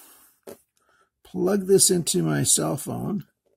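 The USB charging cable plug of a Folomov EDC C4 flashlight is handled near a cell phone's charging port so the light can charge the phone, with a brief soft handling tap near 0.5 s. Someone then talks, and the plug has not yet clicked or seated in the port when the clip ends.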